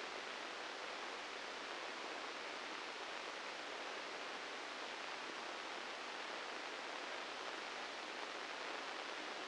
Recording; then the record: brain microelectrode recording played as sound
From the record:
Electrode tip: inside the subthalamic nucleus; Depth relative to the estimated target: -2 mm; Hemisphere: left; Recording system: NeuroSet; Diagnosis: Parkinson's disease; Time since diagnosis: 13 years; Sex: male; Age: 65 years